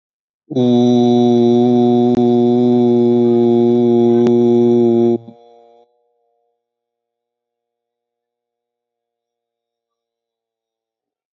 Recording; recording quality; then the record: sustained vowel as in boot; excellent, no background noise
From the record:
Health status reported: respiratory illness, not identified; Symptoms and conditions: asthma, diabetes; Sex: male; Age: 40 years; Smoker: not ticked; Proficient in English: yes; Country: India